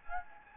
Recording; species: mosquito wingbeat signal from an infrared sensor; Anopheles gambiae